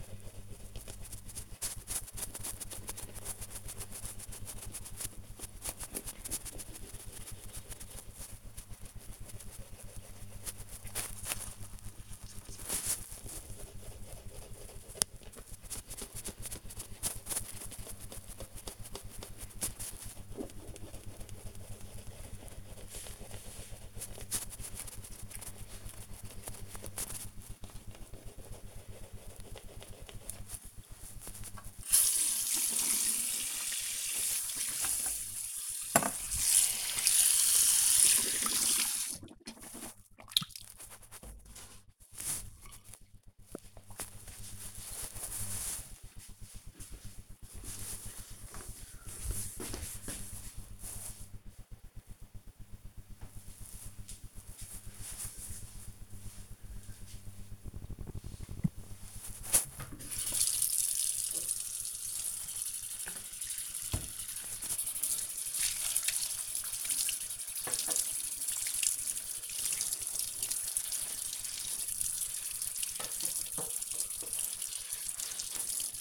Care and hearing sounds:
household activities, microphone on the right wrist
0.00-41.80 s: brushing teeth
57.90-76.01 s: washing dishes

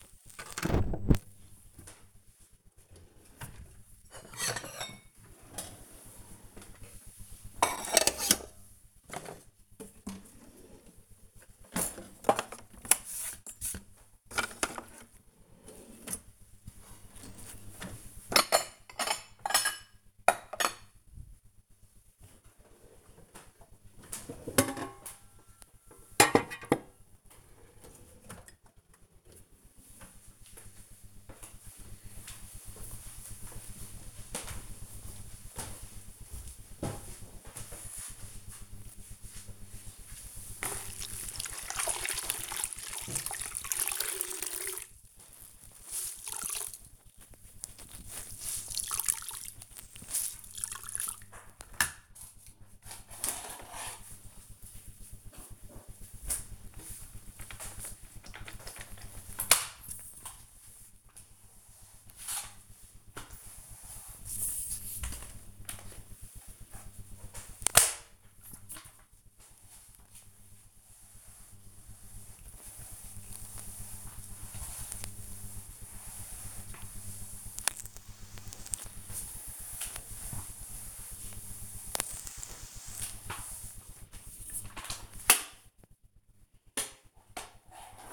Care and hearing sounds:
household activities, microphone on the right wrist
0.00-28.03 s: putting away the dishes
39.11-88.13 s: floor cleaning

